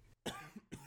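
Two abrupt, harsh bursts of noise a little under half a second apart, the first louder and longer. These are brief, dry-sounding coughs from an adult woman, with a faint room hum underneath.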